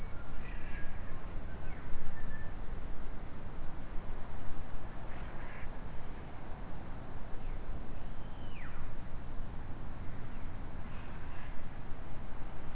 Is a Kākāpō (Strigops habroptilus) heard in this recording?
no